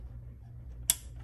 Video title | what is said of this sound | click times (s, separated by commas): How to set up your ATT DSL Broadband Modem Router Internet WiFi Gateway | you've got to kind of push it in there like that and it'll just snap in watch damn | 0.9 s